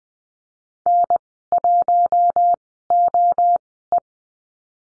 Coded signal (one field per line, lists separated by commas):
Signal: Morse code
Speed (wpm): 20 wpm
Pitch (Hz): 700 Hz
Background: none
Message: N1OE